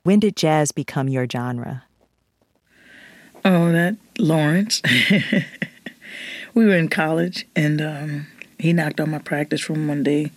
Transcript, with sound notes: When did jazz become your genre?
Oh, that - Lawrence (laughter). We were in college, and he knocked on my practice room one day.